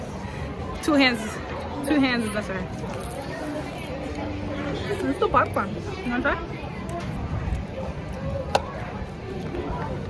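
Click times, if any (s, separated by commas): 8.6 s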